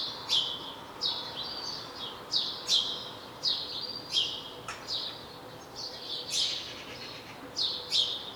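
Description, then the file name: House sparrow chirps, a chattering series of many sharp cheeps over light background noise. "Passer domesticus"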